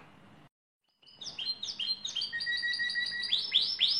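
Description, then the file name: Lizard canary song starting after a brief silence, rapid trills and rolling phrases rising in strength, ending with repeated sweeping notes. "canto do canario lizard"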